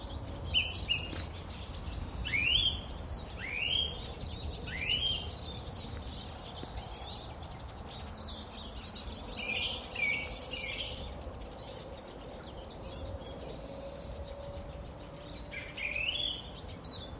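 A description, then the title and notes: Early birds sing over a frozen canal, with bright, varied phrases arriving in short bursts every second or two, loudest near 2.5, 10 and 16 seconds. Thin chirps and twitters fill the gaps. A steady low rumble runs underneath throughout. We take an icy dawn walk along the frozen Mon-Brec canal in Monmouthshire to hear song thrushes, siskins, tits, a great spotted woodpecker and even a brief burst of treecreeper.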